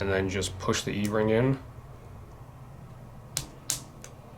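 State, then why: Seated. Someone talks, then an e-ring setter tool pushes the second metal e-ring onto an RC drift car shock shaft, below the piston, and into its groove. Sharp clicks sound at 3.4 s and 3.7 s, followed by a fainter tick at 4.0 s. The e-ring snaps in and is seated in the groove.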